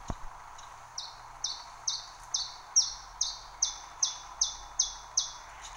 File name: iberischer zilpzalp